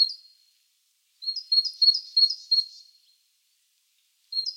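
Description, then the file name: Great tit uttering a hurried chattering run of high, clipped double notes, with short fragments of the same call at the start and end. "Parus major"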